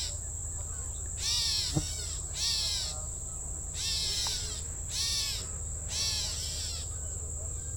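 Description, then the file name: Gray catbird giving harsh calls: several raspy, downslurred notes over a steady high whine and a low rumble. Agitated bird on Smith Island, 7 August 2010. "Gray Catbird Agitated Smith Island 20100807"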